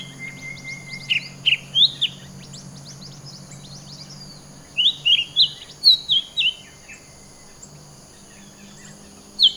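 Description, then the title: Bird song: short bursts of bright, descending chirped notes in quick clusters, separated by pauses, over a steady high whine and a faint low hum. "SuaraBurung Kicau"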